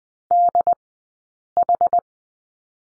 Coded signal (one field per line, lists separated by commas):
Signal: Morse code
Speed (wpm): 20 wpm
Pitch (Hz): 700 Hz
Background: none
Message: DH